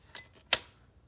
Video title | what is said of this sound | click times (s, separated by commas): Showcase & Setup: TOYAPY MP9 Automatic Gel Ball Blaster with Cool New Optical Sight Hopper | stock right locks into place really nice really strong and then to put it back | 0.5 s